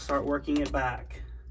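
An interior vent shroud for a Vintage Air install in a 1949 Chevy truck is lined up with the dash and worked back, with its push-in clips (two on top, two on the bottom) being fitted into place. Someone talks throughout, with faint handling sounds underneath. Nothing has seated or clicked yet.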